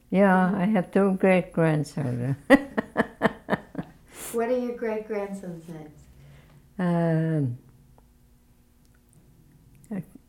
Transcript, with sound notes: Yeah, I have two great-grandsons! [Laughs]
What are your great-grandsons' names?